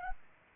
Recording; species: mosquito wingbeat signal from an infrared sensor; Culex pipiens